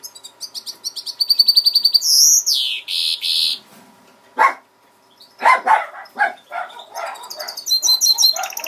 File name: greenfinch mule omkicau